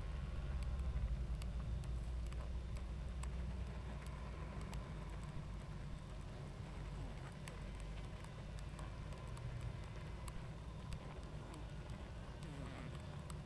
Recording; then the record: honeybee colony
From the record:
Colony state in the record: active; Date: 28 July 2017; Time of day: 20:53